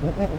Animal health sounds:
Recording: contact call of a hoofed animal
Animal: goat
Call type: low-frequency (closed-mouth) or high-frequency (open-mouth) call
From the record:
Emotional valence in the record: negative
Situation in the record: short social isolation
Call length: 0.39 s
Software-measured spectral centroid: 1180 Hz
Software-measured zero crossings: 790 a second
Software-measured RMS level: -24 dBFS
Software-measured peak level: -9 dBFS

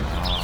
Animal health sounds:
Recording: contact call of a hoofed animal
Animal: cattle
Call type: low-frequency (closed-mouth) or high-frequency (open-mouth) call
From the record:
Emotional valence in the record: negative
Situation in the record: full separation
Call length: 0.44 s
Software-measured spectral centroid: 3020 Hz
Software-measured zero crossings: 2600 a second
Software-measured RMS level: -24 dBFS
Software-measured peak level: -12 dBFS

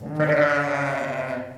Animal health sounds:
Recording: contact call of a hoofed animal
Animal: sheep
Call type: low-frequency (closed-mouth) or high-frequency (open-mouth) call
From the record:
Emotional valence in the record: negative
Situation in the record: short social isolation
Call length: 1.58 s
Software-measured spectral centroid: 1610 Hz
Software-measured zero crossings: 1670 a second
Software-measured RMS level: -23 dBFS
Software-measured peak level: -7 dBFS

